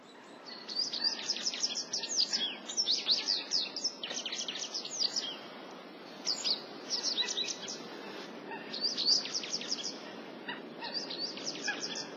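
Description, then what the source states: Japanese wagtail giving bright, sharp chirping notes in rapid clusters, with short pauses between bursts over a low background hiss. Recorded at Nasu, Japan, on 12 March 2009.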